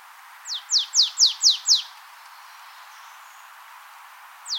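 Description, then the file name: Marsh tit utters one brisk string of six high, descending notes, followed by silence and the first note of another run. "Poecile palustris"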